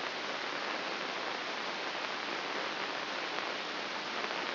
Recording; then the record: brain microelectrode recording played as sound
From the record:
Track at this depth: inside the subthalamic nucleus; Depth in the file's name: 7.543 mm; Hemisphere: left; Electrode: 2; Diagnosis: Parkinson's disease